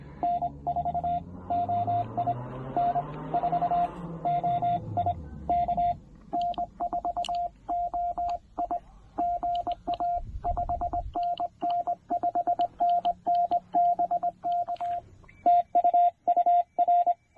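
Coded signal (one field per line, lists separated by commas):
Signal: Morse code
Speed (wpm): 21 wpm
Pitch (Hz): 690 Hz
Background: radio noise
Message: N4OI N4OI K N4OI GA 5NN 5NN BK TU UR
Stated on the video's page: Trailside Parks on the Air activation using a TR-45L transceiver and PackTenna random wire antenna.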